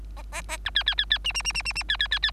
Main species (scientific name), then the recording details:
Lonchura striata domestica. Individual Bird3